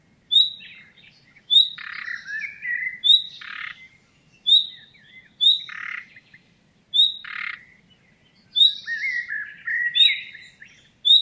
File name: Luscinia megarhynchos